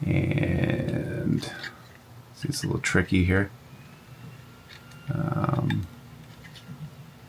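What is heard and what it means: A microSD card is lined up with the card slot under a Raspberry Pi 4 board and fumbled with while someone talks, calling it a little tricky. Short handling ticks are heard, clustered around 0.6–0.7 s and 5.3–5.7 s. The card is not yet pushed in and nothing has seated or clicked yet.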